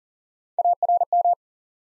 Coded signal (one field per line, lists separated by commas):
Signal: Morse code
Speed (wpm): 41 wpm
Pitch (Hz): 700 Hz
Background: none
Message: ARM